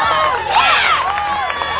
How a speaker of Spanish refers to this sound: Aplausos y aplausos y aplausos.